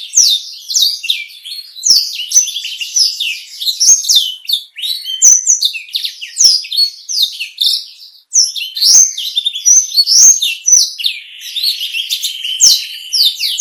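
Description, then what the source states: Black-throated canary singing a rapid, continuous warble of sharp chirps and sliding whistles, ending with a longer buzzy trill near the close. Bird singing constantly ('gacor') in a clear 'kristal' style, used to train cage birds.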